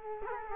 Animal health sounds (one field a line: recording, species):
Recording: mosquito wingbeat signal from an infrared sensor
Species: Culex quinquefasciatus